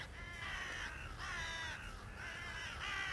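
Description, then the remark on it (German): Ravens cawing: about four harsh, raspy calls follow one another in quick succession, each drawn out and fairly loud over a low rumbling background, with no voices. “Ich glaube, die Raben hören uns doch.”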